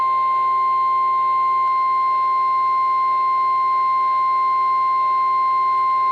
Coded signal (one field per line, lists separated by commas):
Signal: Emergency Alert System (SAME) tones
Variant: 1050 Hz attention tone